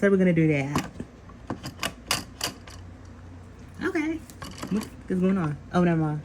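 Someone talks while fumbling to push the plastic handle into the body of a new Bissell Revolution HydroSteam upright carpet washer, with a run of sharp knocks and taps from the handling. The handle has not seated or clicked into place yet.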